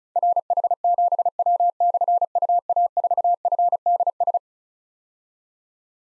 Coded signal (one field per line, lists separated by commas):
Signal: Morse code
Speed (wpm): 36 wpm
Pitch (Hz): 700 Hz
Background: none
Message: RH7W/UA4FDS